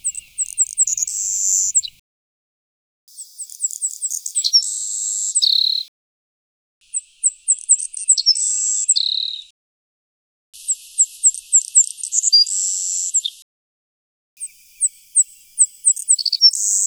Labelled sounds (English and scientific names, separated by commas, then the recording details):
Savannah Sparrow (Passerculus sandwichensis) song
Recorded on Kent Island, New Brunswick, in 2005